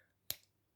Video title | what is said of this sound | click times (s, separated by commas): Old, New and budget to. | and it clicks into place absolutely fine | 0.3 s